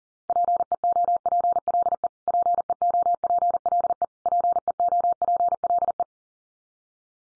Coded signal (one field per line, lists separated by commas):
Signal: Morse code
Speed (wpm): 40 wpm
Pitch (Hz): 700 Hz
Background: none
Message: PEOPLE PEOPLE PEOPLE